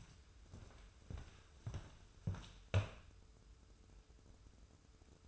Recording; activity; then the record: daily activity, microphone in the room; walk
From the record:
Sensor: 2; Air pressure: 994.2 hPa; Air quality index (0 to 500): 203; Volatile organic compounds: 1000 ppm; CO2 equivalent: 6665 ppm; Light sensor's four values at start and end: 77/180/74/74 and 83/192/80/80